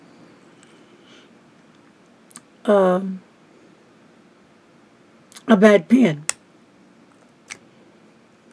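A plastic cap is handled against the body of a Hero 7002 fountain pen while someone talks, with a few faint, brief taps between the speech. The cap has not yet clicked shut; nothing has seated by the end of the clip.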